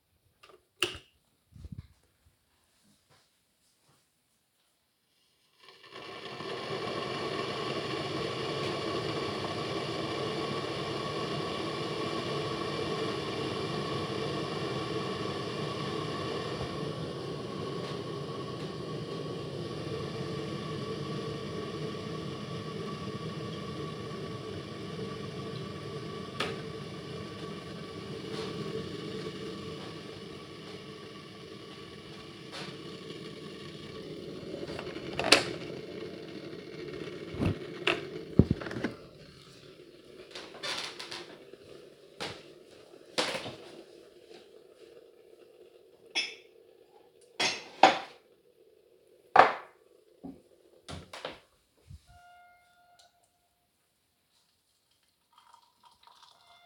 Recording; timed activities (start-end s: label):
household activities, microphone on the right wrist
1.51-56.66 s: making tea